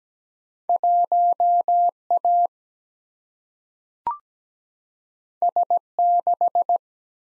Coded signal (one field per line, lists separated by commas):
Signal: Morse code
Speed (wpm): 17 wpm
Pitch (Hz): 700 Hz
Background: none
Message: 1 A S 6